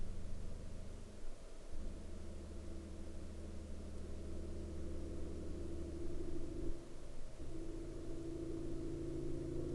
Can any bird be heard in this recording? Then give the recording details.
no. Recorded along the Dempster Highway, Canada, on 19 September 2019 at 20:01. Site 11